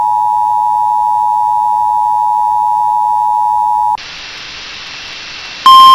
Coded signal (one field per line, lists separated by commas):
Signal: Emergency Alert System (SAME) tones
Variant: 853 and 960 Hz attention tone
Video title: [EAS] Severe Thunderstorm Warning for Bemidji MN (July 31 2024)